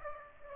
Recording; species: mosquito wingbeat signal from an infrared sensor; Aedes aegypti